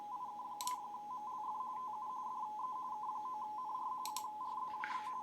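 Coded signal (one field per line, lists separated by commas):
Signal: RTTY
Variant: AFSK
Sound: steady rapid warble between two close tones near 1 kHz, with occasional clicks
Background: clicks and handling noise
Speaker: the data mode is still so there's AF ska and I'm all over the place here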